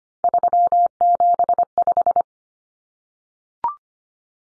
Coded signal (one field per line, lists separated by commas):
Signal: Morse code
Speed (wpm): 25 wpm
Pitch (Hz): 700 Hz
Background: none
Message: 375